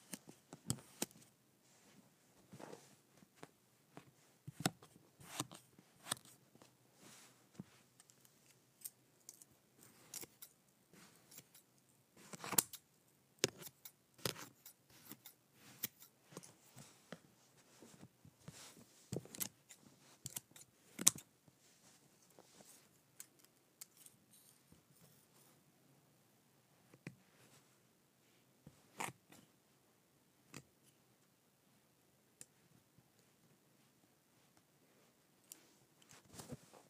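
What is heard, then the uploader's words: Kinetic sand is cut and crumbled in bursts of quick, crisp crackles and clicks, dense early on, then sparser and more scattered after twenty-five seconds. ASMR Cutting up Kinetic Sand.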